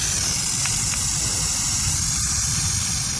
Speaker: Yipes! The hiss of a burrowing owl sounds just like a dangerous rattlesnake, which is a great way to scare off potential predators.